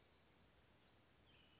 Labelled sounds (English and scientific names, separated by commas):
Western Flycatcher (Empidonax difficilis)